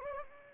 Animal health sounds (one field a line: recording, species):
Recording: mosquito wingbeat signal from an infrared sensor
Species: Anopheles gambiae